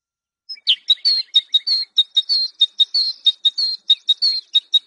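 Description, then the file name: Great tit song: a steady, fast run of high, clipped notes repeated several times a second, continuing without a break. Masteran track, a training recording for songbirds. "suara masteran great tit"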